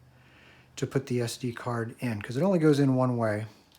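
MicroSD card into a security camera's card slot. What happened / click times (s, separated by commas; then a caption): The memory card is being handled and has not yet seated; no latch click is heard / none. A microSD card is being handled at the card slot of a Reolink Argus PT WiFi security camera, with the card only fitting in one way, while a man talks. The card has not yet been pushed in, and nothing has seated or clicked yet.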